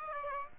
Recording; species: mosquito wingbeat signal from an infrared sensor; Aedes aegypti